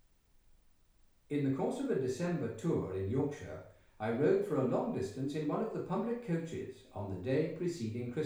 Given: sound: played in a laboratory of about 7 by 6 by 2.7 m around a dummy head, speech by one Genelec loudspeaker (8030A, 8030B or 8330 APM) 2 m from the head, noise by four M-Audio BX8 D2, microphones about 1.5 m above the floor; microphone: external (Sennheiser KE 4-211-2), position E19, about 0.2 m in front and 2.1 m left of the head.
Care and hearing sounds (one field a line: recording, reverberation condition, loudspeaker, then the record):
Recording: male speech in English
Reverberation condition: medium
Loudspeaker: 30 degrees to the left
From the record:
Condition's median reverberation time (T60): about 510 ms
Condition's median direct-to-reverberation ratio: about -0.5 dB